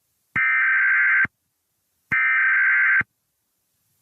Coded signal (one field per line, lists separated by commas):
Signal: Emergency Alert System (SAME) tones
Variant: header bursts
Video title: EAS Scenario #30 The Darkness Nightmare